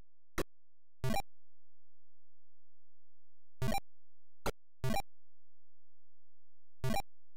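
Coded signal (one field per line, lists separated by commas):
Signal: none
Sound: game music and sound effects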